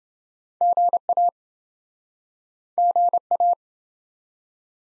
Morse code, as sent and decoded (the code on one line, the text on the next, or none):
--. .- / --. .-
GA GA